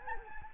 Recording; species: mosquito wingbeat signal from an infrared sensor; Anopheles gambiae